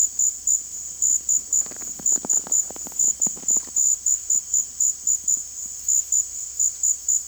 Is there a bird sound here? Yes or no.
no